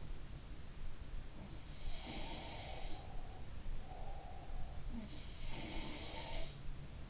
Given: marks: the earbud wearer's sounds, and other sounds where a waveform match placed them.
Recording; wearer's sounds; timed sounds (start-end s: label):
sounds in sleep by an in-ear microphone; breath
1.80-4.81 s: sound from someone else or the room
2.70-4.81 s: breath
5.31-6.61 s: sound from someone else or the room